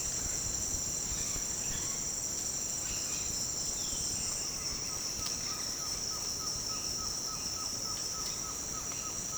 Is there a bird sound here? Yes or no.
yes